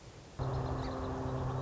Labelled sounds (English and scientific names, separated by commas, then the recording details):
Song Sparrow (Melospiza melodia)
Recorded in Sonoma County, California